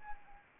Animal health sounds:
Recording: mosquito wingbeat signal from an infrared sensor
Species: Anopheles arabiensis

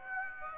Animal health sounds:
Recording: mosquito wingbeat signal from an infrared sensor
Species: Aedes aegypti

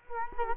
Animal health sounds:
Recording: mosquito wingbeat signal from an infrared sensor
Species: Culex quinquefasciatus

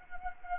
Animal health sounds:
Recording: mosquito wingbeat signal from an infrared sensor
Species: Anopheles gambiae

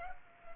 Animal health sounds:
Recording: mosquito wingbeat signal from an infrared sensor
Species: Culex pipiens

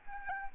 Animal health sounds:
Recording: mosquito wingbeat signal from an infrared sensor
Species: Aedes albopictus

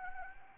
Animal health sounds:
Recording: mosquito wingbeat signal from an infrared sensor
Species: Anopheles arabiensis

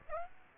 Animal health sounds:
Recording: mosquito wingbeat signal from an infrared sensor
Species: Aedes aegypti

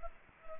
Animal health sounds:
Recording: mosquito wingbeat signal from an infrared sensor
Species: Culex pipiens

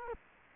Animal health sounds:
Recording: mosquito wingbeat signal from an infrared sensor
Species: Culex quinquefasciatus

